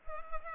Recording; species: mosquito wingbeat signal from an infrared sensor; Culex pipiens